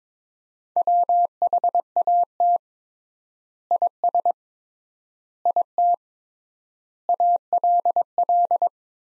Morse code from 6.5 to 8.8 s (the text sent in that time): ALL